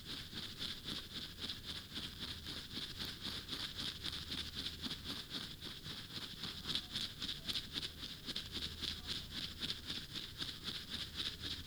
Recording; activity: daily activity, guitar pickup as the sensor; brush teeth